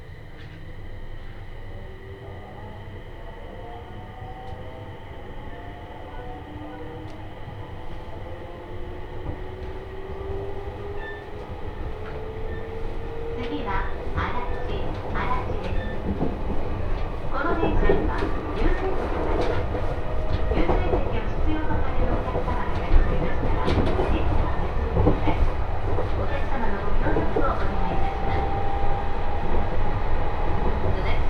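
A train journey on the Tohoku Main Line between Koriyama and Fukushima: a steady low rumble of the moving train fills the whole clip, with rising whine tones as it speeds up and grows louder. From about fifteen seconds, clattering knocks and rattles come thick and irregular over the rumble.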